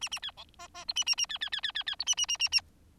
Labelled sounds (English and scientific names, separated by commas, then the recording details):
Bengalese Finch (Lonchura striata domestica) song
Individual Bird4